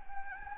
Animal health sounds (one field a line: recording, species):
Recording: mosquito wingbeat signal from an infrared sensor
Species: Anopheles gambiae